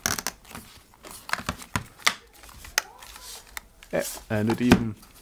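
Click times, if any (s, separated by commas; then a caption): none. Someone handles the plastic lid of a DIY C64 power supply case, closing it over the transformer and a 5V power brick in a very tight fit, with sharp plastic taps and rustling through the clip while someone talks. The clip ends before the lid snaps shut, so nothing has seated or clicked yet.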